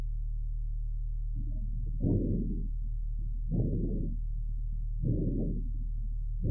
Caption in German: Lungenschall mit Rasselgeräuschen bei einem Fohlen dessen Atmung durch ein Analeptikum angeregt wurde.